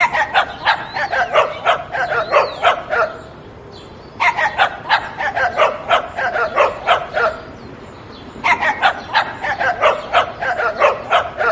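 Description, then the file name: Dog barking in rapid bursts, three runs of quick repeated barks separated by short quiet pauses. "Dog Tone"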